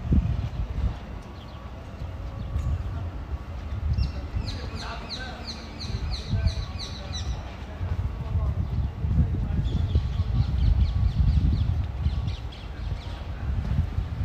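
A walk around Tel Aviv University in Ramat Aviv, with a steady low rumble of footsteps and passing traffic throughout. From about four to seven seconds a bird calls in a quick repeated series, with crow-like caws and faint voices scattered through the rest.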